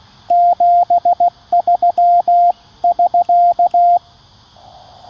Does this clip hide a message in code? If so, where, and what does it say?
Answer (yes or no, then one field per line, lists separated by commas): yes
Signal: Morse code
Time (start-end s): 0.3-4.0 s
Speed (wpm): 16 wpm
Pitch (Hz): 700 Hz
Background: radio noise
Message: 73<SK>